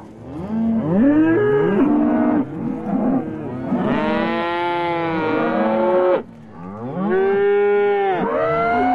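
Cow lowing: long, rich moos that bend up and down in pitch, then a short gap before a final sustained moo.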